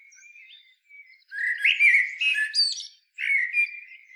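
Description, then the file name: Common blackbird delivering a rich, warbling fluted phrase with a thin squeaky high flourish, a short gap, then another mellow phrase. "Turdus merula"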